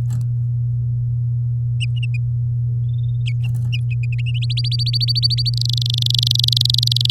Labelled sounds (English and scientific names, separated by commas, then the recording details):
Domestic Canary (Serinus canaria) song
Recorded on 7 May 2018 at 10:04
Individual llb16